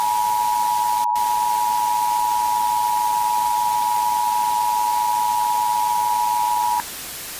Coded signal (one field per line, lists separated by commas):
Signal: Emergency Alert System (SAME) tones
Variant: 853 and 960 Hz attention tone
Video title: EAS Scenario Part 1 - The Prion